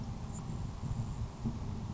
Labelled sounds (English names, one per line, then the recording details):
Grasshopper Sparrow
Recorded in Sonoma County, California